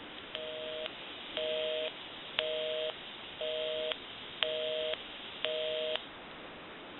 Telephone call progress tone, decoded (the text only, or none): busy tone